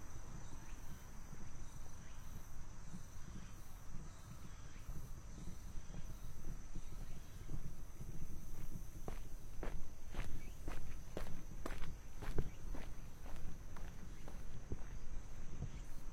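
Footsteps of someone walking at a steady pace over a low, rumbling background. Starting around nine seconds, sharper crunching steps come at a regular rhythm. A thin, constant insect-like whine sits high above everything throughout.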